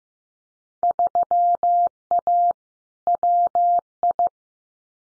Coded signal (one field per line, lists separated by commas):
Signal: Morse code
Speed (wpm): 15 wpm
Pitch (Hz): 700 Hz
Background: none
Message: 3A WI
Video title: Field Day Exchange 15wpm